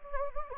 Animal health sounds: mosquito wingbeat signal from an infrared sensor; Anopheles gambiae

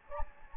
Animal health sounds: mosquito wingbeat signal from an infrared sensor; Anopheles gambiae

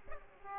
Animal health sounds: mosquito wingbeat signal from an infrared sensor; Aedes aegypti

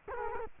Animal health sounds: mosquito wingbeat signal from an infrared sensor; Culex quinquefasciatus

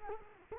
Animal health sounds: mosquito wingbeat signal from an infrared sensor; Culex quinquefasciatus

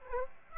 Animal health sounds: mosquito wingbeat signal from an infrared sensor; Aedes aegypti

